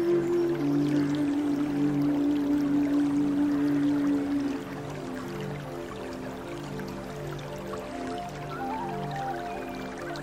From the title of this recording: Flute, Gentle Birds and Rainforest Sound